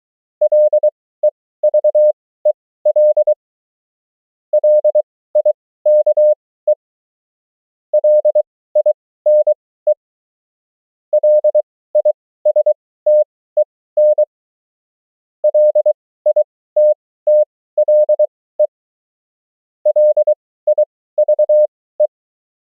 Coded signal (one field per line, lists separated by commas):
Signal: Morse code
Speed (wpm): 23 wpm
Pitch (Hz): 600 Hz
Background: none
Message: LEVEL LIKE LINE LISTEN LITTLE LIVE